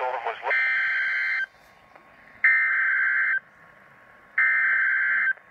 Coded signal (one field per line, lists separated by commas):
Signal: Emergency Alert System (SAME) tones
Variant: header bursts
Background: speech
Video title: EAS Tornado Warning South Carolina NOAA Weather Radio WR120